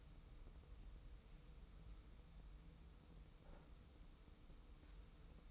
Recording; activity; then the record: daily activity, microphone in the room; wipe stove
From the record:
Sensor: 1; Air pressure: 990.5 hPa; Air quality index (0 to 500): 170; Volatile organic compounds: 1000 ppm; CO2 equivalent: 6229 ppm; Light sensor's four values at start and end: 32/73/31/34 and 32/74/31/34